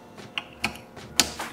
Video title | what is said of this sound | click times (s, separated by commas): Installs With Andrew: Honda Civic Type-R PRL Install | That wire that we put in behind that vacuum hose here is now a breeze to snap into place. | 1.2 s